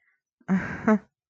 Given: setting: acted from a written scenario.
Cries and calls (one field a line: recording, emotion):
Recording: vocal sound without words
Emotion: contempt